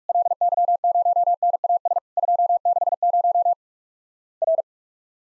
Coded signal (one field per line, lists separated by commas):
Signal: Morse code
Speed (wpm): 44 wpm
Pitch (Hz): 700 Hz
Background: none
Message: LY0NAS 260 R